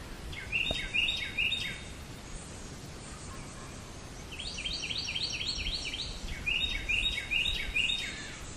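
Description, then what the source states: Bird chirping: a short run of bright chirps, a lull of plain hiss, then a longer burst of quick, falling chirps repeated several times. Recorded in 2008.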